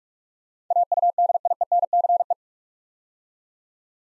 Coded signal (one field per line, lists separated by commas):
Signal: Morse code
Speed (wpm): 44 wpm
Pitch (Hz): 700 Hz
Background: none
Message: AUDIENCE